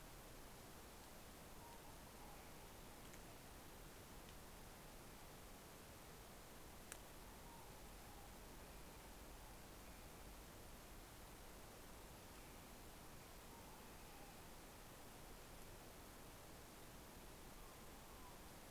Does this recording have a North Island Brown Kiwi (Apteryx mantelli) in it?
no